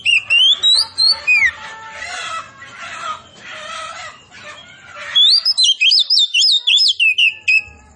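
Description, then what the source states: Oriental magpie-robin song: bright whistled notes, then a quieter middle stretch of harsh, noisy chatter, followed by a renewed burst of rapid whistling. Local name kacer poci; described as gacor, singing actively.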